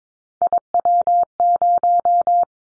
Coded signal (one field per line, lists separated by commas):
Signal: Morse code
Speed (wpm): 22 wpm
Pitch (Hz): 700 Hz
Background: none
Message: IW0